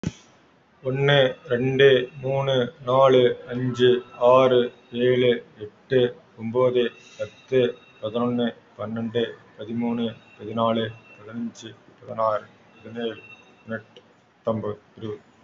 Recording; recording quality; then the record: counting at a normal pace; excellent, no background noise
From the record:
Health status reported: respiratory illness, not identified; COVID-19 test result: negative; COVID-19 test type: RT-PCR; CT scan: taken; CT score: 0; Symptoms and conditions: cold, breathing difficulty, fatigue, muscle pain, chronic lung disease, another respiratory illness, hypertension, another condition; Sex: male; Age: 32 years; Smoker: no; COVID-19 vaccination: one dose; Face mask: worn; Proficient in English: yes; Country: India